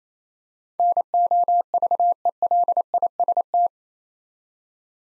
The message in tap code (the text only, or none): none